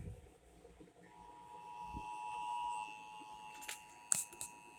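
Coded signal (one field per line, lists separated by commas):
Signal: Emergency Alert System (SAME) tones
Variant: 853 and 960 Hz attention tone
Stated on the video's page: Broadcast radio Required Monthly Test from local stations.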